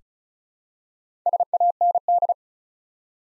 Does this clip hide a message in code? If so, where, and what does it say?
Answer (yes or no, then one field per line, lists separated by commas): yes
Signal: Morse code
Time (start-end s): 1.3-2.3 s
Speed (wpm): 36 wpm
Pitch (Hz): 700 Hz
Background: none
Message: SAND